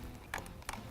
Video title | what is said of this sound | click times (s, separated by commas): Sam's Garage Season 2 Episode 13 | there's two locking tabs on either side that's you got to make sure that they engage you'll hear it click | 0.3 s, 0.7 s